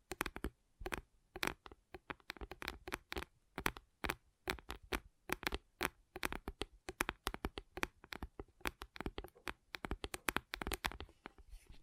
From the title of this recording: ASMR Gentle Tapping